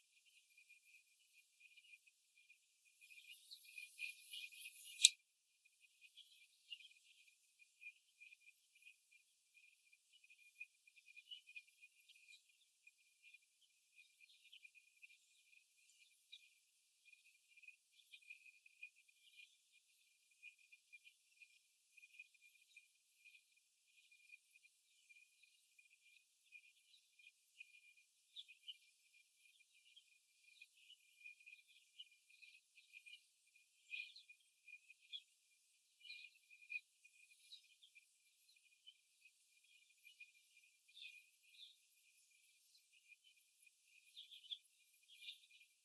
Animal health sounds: young laying hens in a cage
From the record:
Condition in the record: after the stressor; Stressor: simulated dog barking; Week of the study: 1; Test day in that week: 2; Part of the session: 2

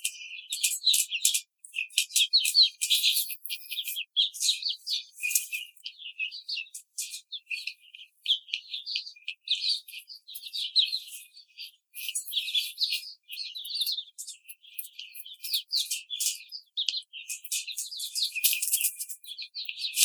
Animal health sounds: young laying hens in a cage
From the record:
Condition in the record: treatment cage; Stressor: simulated dog barking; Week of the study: 5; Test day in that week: 1

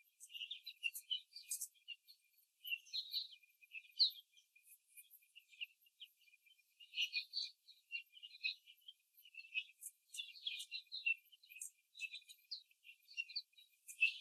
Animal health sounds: young laying hens in a cage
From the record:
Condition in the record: after the stressor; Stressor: simulated dog barking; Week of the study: 3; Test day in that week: 1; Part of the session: 1

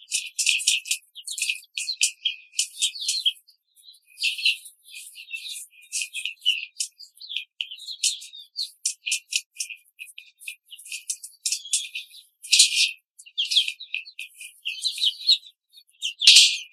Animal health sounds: young laying hens in a cage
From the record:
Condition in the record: control cage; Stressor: none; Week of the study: 5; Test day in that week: 1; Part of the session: 1

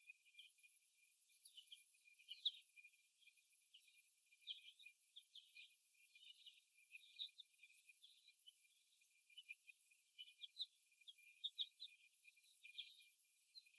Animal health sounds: young laying hens in a cage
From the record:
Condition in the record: after the stressor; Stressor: simulated dog barking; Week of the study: 1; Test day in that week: 1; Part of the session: 3

